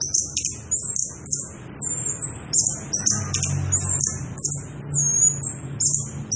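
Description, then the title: Orange-headed thrush singing a fast, unbroken run of high, squeaky warbled notes, with low rumbling background noise. Energetic continuous singing (ngerol) at high volume, used as a lure and training recording for young birds (trotolan). "Anis Kembang Gacor. pancingan anis kembang ngerol edan volume dasyattt cocok buat masteran trotolan"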